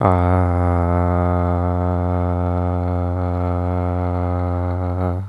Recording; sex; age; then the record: sustained vowel /a/; male; 20 to 29 years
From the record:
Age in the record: 21 years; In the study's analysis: included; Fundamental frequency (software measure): 89 Hz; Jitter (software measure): 0.34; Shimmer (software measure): 1.07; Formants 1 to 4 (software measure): 681 Hz, 1284 Hz, 2209 Hz, 3391 Hz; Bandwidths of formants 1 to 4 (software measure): 155 Hz, 161 Hz, 363 Hz, 315 Hz